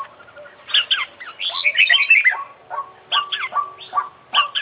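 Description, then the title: Oriental magpie-robin singing rich, varied phrases of slurred whistles and harsh chattering notes, delivered in bursts with brief gaps between them. International champion competition bird; song full of complete fillers (isian). "KICAU KACER FULL ISIAN KOMPLIT"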